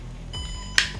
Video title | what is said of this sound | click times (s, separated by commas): DJI OM 5 & DJI Action 2 - Unboxing and First Impressions | so it does lock so you hear a click which means it's locked in place | 0.8 s